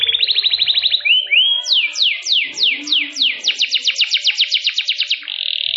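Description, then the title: Canary song: a quick trill, two slurred whistles, then slower descending sweeps speeding into a rapid trill and ending in a buzzy roll. Kenari mewah in cengkok style, a long-duration song with a special pleasing style. "Cengkok Kenari Mewah. Kenari mewah durasi panjang. Cengkok enak gaya istimewa"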